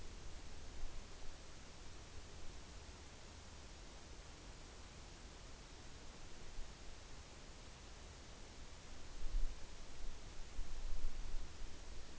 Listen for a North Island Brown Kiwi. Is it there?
no